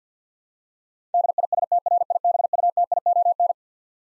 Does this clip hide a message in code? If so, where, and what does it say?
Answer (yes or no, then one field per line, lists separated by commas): yes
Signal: Morse code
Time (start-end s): 1.1-3.5 s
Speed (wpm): 50 wpm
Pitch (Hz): 700 Hz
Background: none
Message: DISTRIBUTION